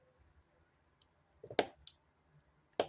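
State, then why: Seated. A plastic lid on a storage container for diamond painting supplies is pressed closed. Sharp clicks are heard at 1.6, 1.9 and 2.8 seconds, with a couple of softer knocks just before the first. The lid latches shut.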